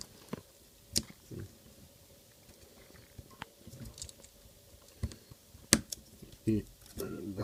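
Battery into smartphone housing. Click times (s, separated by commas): 5.7 s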